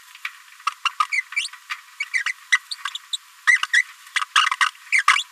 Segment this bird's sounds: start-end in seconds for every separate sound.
0.67-0.70, 0.85-0.89, 1.00-1.05, 1.11-1.22, 1.36-1.48, 2.00-2.04, 2.13-2.23, 2.52-2.57, 2.71-2.75, 3.13-3.17, 3.47-3.58, 3.73-3.82, 4.16-4.19, 4.35-4.46, 4.61-4.66, 4.92-5.03, 5.15-5.23